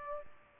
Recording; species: mosquito wingbeat signal from an infrared sensor; Aedes albopictus